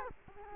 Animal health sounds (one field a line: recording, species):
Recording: mosquito wingbeat signal from an infrared sensor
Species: Culex quinquefasciatus